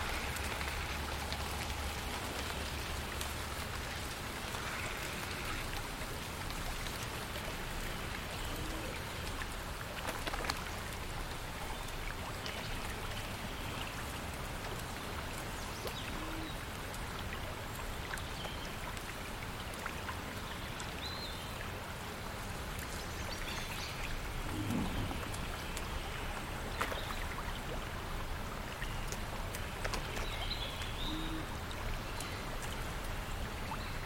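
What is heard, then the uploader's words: Steady, dense rushing of flowing water and rustling leaves continues throughout, with a low rumble underneath and a few faint bird chirps scattered through. Watermill house in the deep forest ambience. You can here distant watermill from small house over there. Surrounded by the rustling of leaves in the trees, birds chirping, gentle water flowing.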